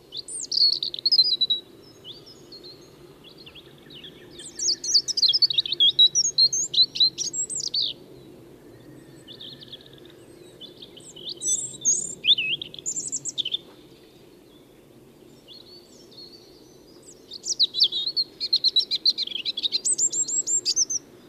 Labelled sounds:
European Robin (Erithacus rubecula) song

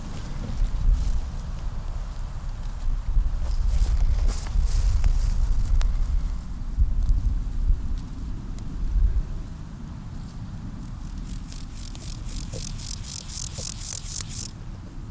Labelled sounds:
Water-meadow Grasshopper (Chorthippus montanus) stridulation

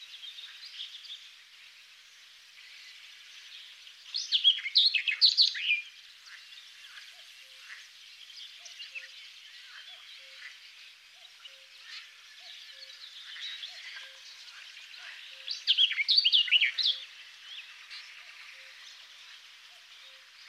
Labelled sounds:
Barred Warbler (Sylvia nisoria) song

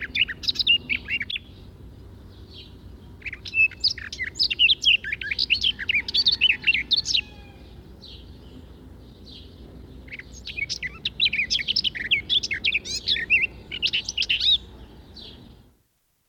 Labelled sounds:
Garden Warbler (Sylvia borin) song

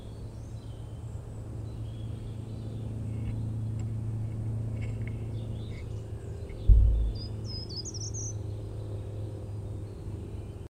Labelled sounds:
Short-toed Treecreeper (Certhia brachydactyla)

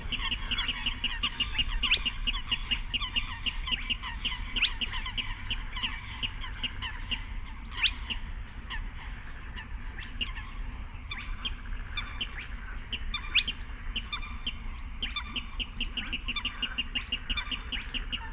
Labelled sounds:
Spotted Crake (Porzana porzana)

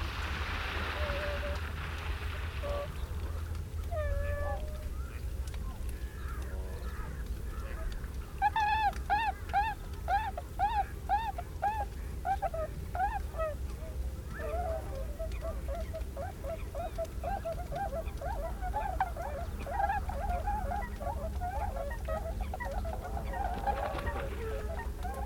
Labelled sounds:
Tundra Swan (Cygnus columbianus) call

